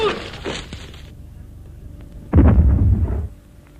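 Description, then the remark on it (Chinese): A single sudden indoor explosion bursts out in a house room after a few seconds of quiet background noise, a loud, low, rumbling blast lasting under a second before fading quickly; not a mine or bomb but a small experiment by a bulldozer operator. “屋里又发出了爆炸声。这声爆炸不是地雷， 也不是炸弹”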